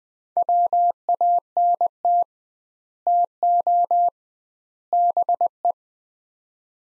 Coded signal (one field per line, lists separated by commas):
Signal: Morse code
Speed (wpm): 20 wpm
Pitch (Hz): 700 Hz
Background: none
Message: WANT TO BE